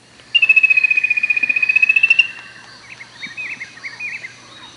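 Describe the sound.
Bird call as a rapid, steady high trill lasting nearly two seconds, followed by a few softer, broken chirping notes.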